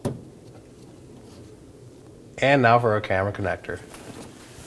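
A plastic connector position lock tab on the black trunk latch connector of a 2018–2024 Chevrolet Equinox liftgate is pushed in after mating, giving a short, sharp click at 0.1 s as it seats and secures the connector. After a quiet stretch, someone talks, and another brief click sounds at the very end.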